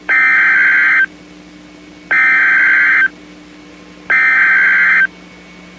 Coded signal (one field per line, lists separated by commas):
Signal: Emergency Alert System (SAME) tones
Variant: header bursts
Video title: NOAA EAS CIVIL EMERGENCY MESSAGE REGARDING THE WANTED SUSPECT IN THE MALL SHOOTING 2/1/21